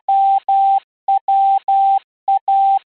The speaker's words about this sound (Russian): Но Пигмалиоша уже стал стучать ладонью по земле рядом с пилой, выстукивая что-то азбукой Морзе.